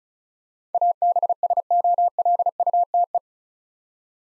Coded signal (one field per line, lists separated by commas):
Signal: Morse code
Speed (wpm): 34 wpm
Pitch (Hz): 700 Hz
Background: none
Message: ABSOLUTE